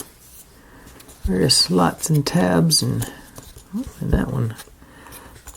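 A wooden tab on a ROKR Vitascope model frame is lined up with its slots and tabs while someone talks, then drops into its slot and snaps in place with a short click at 5.5 s. The piece is seated.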